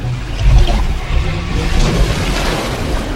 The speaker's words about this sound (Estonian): Oi, vaata, mis sa tegid. Vesi voolab alla, see voolab alla!